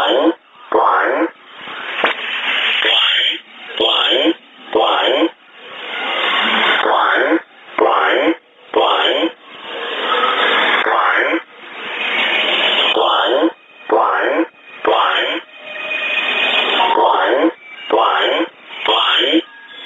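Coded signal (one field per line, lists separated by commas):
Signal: numbers station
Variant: E07, English male voice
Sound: male voice reading short words with pauses, through heavy hissy shortwave noise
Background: radio static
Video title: 16 03 2019 E07 English Man Numbers station in English 0740 on 12112 unknown tx site in USB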